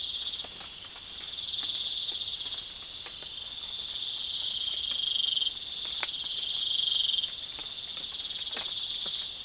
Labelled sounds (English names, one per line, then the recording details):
none
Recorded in pastures near Puerto Asís, Putumayo, Colombia, on 25 June 2025 at 00:30
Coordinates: 0.502, -76.324
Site G010